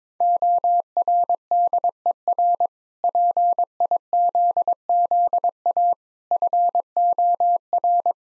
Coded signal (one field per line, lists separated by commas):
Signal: Morse code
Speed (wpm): 22 wpm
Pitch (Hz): 700 Hz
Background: none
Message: ORDER PIZZA FOR